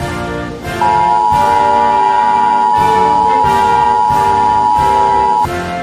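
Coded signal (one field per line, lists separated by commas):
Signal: Emergency Alert System (SAME) tones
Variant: 853 and 960 Hz attention tone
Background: music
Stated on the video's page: Fictional apocalypse EAS scenario with valid EAS tones.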